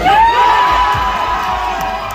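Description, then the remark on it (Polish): A large crowd of Polish sports fans in Predazzo at the Milan Cortina Winter Olympics cheers and shouts after a medal was decided when the final round was cancelled for bad weather, a loud, steady roar, with a high whistle-like tone rising and holding over the noise in the first second. “Po tej decyzji tak cieszyli się polscy kibice w Predazzo.”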